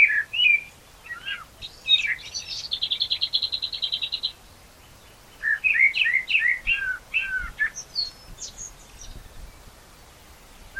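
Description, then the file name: Common blackbird song: short fluty phrases with high twitters, a fast regular run of high rattling notes, then more mellow warbled phrases after a brief pause. "Turdus merula"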